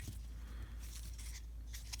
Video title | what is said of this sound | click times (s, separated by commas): Align Trex 600n Rebuild | So now we are going to set this guy back into here. It should snap into place | 1.9 s